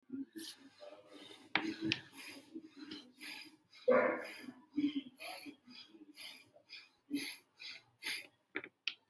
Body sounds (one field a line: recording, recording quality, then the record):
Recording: shallow breathing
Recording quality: moderate, slight background noise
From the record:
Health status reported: healthy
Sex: male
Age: 45 years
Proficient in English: yes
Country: India